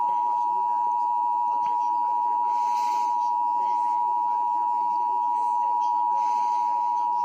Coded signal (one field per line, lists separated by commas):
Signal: Emergency Alert System (SAME) tones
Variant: 853 and 960 Hz attention tone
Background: speech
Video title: Eas winter storm warning March 1 2018